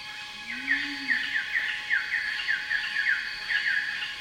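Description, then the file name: Bird calling in a rainforest: a repeated series of short, downslurred chirps. "cicadas and birds in rainforest"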